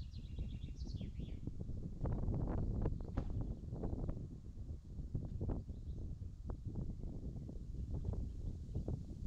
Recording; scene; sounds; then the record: everyday scene through a hearing-aid microphone; wind on the microphone; wind, birds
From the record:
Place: in front of a rural house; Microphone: in the ear canal, left